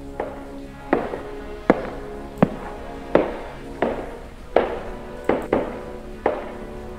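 Steady footsteps of a woman walking alone echo down a third-floor hallway lined with closed room doors, about ten sharp heel strikes at an even walking pace, each leaving a short ringing tail. There is no talking.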